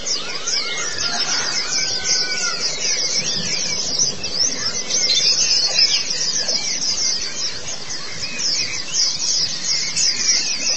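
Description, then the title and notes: White-eye song, a busy mass of high twittering with some lower sliding whistles mixed in, continuous throughout. Pleci (white-eye) chirping song. "Kicauan Burung Pleci Durasi Panjang. Suara kicauan burung pleci"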